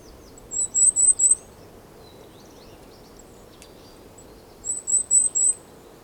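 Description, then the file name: Goldcrest song: two short bursts of four very high, thin repeated notes, separated by a few seconds of quiet background hiss. Song; Europe. "Wintergoldhaehnchen Gesang Voegel in Europa"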